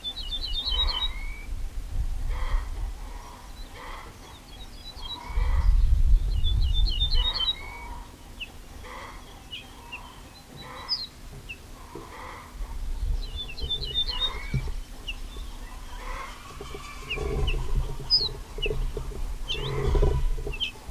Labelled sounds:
Ortolan Bunting

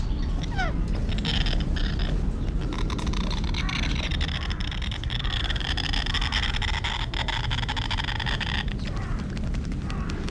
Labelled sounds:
White Cockatoo

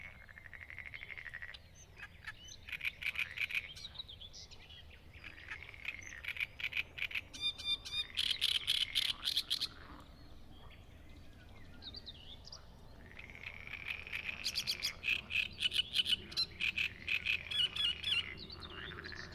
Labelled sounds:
Great Reed Warbler song

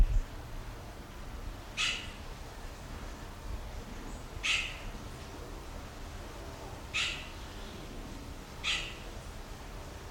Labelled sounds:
Coconut Lorikeet call

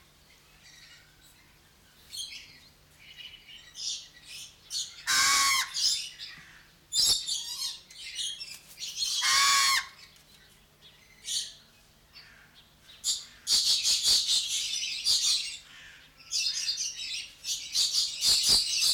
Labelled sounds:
Pied Crow call

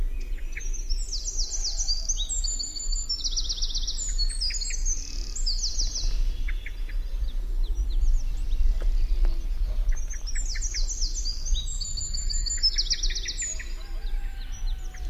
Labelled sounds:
Eurasian Wren

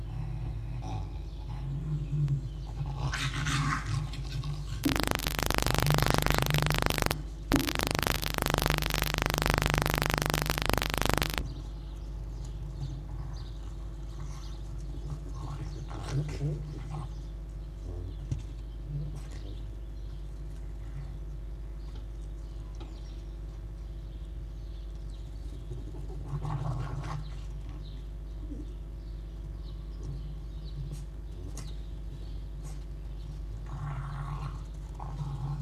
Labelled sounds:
Red Fox

